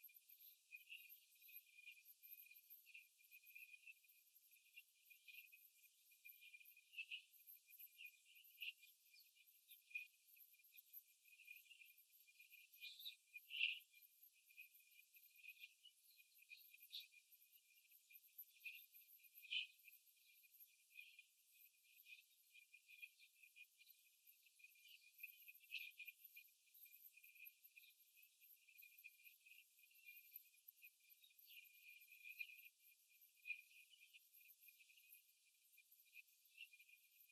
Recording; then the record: young laying hens in a cage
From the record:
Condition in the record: after the stressor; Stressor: simulated dog barking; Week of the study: 3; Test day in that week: 2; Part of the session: 3